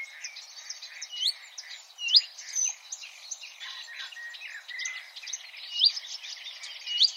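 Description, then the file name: Marsh warbler song, a softer, busy chatter of mixed notes with occasional loud upward-sweeping whistles standing out every few seconds. "suara kicauan burung marsh warbler. omkicau"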